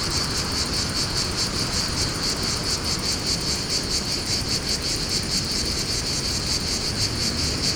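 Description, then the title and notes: Cicada buzzing in steady pulses, a shrill throbbing drone over constant broad wind roar. In a pine wood during mistral wind, Fontvieille, France; two microphones with DIY windscreens, DAT cassette recorder. "Fontvieille, France - Mistral et cigales. Le Mistral dans la pinède les cigales et insectes au sol , quelques bruits de circulation"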